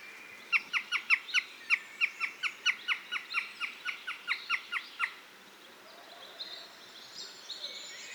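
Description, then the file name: Eurasian jay calling in a rapid series of many short, clipped harmonic notes lasting about four and a half seconds, followed by faint high chirps. "Garrulus glandarius"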